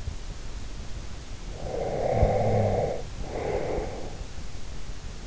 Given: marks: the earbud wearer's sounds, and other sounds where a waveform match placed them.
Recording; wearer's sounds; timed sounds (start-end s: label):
sounds in sleep by an in-ear microphone; snoring breath
1.38-4.18 s: snoring breath